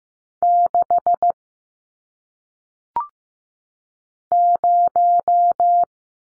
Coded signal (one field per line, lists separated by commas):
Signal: Morse code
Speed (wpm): 15 wpm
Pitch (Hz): 700 Hz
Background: none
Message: 6 0